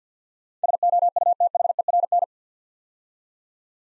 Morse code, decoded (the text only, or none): SOUTHERN